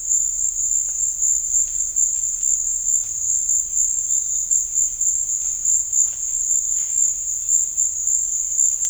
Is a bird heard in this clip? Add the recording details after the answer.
no. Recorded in dense forest near Puerto Asís, Putumayo, Colombia, on 20 December 2024 at 15:30. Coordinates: 0.484, -76.325. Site G056